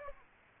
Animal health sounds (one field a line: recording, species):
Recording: mosquito wingbeat signal from an infrared sensor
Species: Aedes aegypti